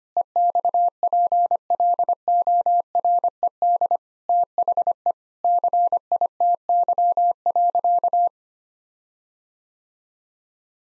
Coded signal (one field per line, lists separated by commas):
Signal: Morse code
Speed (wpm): 25 wpm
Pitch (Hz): 700 Hz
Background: none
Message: EXPLORED THE CITY.